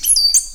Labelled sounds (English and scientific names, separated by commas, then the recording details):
Stitchbird (Notiomystis cincta) song
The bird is a male
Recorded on Tiritiri Matangi Island, New Zealand, in 2005
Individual 16, of nest box 24